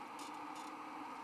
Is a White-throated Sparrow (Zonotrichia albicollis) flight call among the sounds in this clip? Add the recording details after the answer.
no. No flight call is heard. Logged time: 21:40 on 19 December 2014